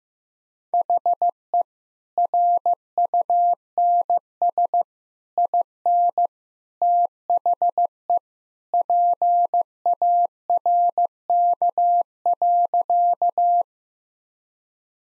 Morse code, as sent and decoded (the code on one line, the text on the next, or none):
.... . / .-. ..- -. ... / .. -. / - .... . / .--. .- .-. -.- .-.-.-
HE RUNS IN THE PARK.